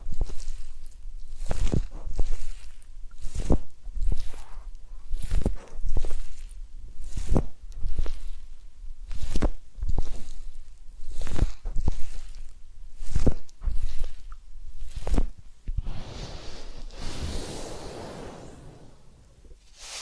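Massage, ear cleaning and spa sounds: a run of sharp taps and rubbing strokes comes every half second or so for about fifteen seconds. Then the tapping stops, leaving a soft rustling hiss that fades away toward the end.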